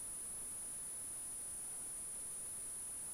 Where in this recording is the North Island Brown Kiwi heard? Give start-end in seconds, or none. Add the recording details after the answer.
none. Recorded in New Zealand on 14 February 2012. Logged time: 02:13. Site DH65